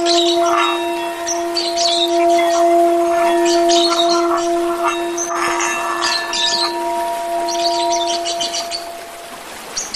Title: Kicau Kacer